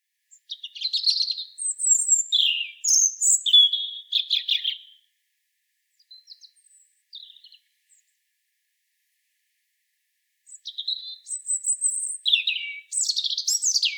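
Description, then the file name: European robin song: varied high phrases of thin whistles, trills and sliding notes, a few faint notes and a pause, then another phrase of twittering and sliding whistles. "Erithacus rubecula"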